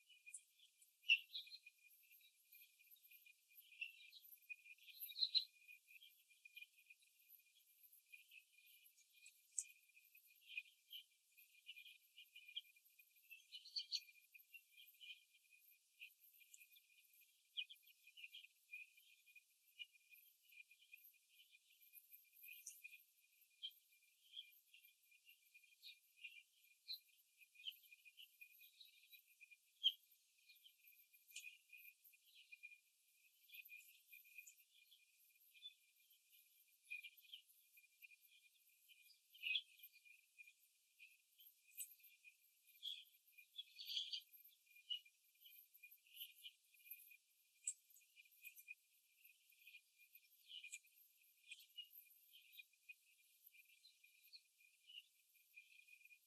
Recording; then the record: young laying hens in a cage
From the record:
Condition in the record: before the stressor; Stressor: simulated dog barking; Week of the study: 2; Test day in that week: 3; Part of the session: 3